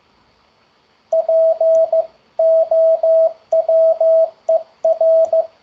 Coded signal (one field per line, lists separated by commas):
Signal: Morse code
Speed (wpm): 15 wpm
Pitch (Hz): 650 Hz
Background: radio noise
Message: POWER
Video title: ZS-CW Morse Code Word Practice 27/7/2023 - Beginner's Corner Hosted by ZS6MSW